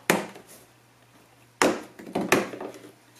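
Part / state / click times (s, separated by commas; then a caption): interior door trim piece clips releasing from the door panel / released / 0.1 s, 1.6 s. An interior door trim piece on an Audi S3 is pried gently in the middle until its plastic retaining clips release from the door panel. Sharp pops are heard at 0.1 s and 1.6 s, followed by a few softer knocks and rattles between about 2.0 and 2.6 s. The trim clips pop out and the piece comes free.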